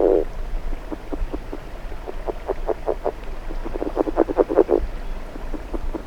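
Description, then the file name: California red-legged frog giving low pulsed calls, a soft grunt at the start, then notes speeding up into a dense, louder burst after the middle, with a constant low rumble behind. "Rana draytonii"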